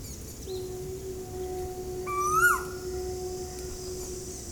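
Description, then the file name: Asian koel call, a single loud whistled note sliding upward then dropping, over a steady low droning tone and faint background hiss. Recorded at Ezhimala, Kannur, Kerala. "Asian Koel Eudynamys scolopaceus from Ezhimala Kannur Kerala"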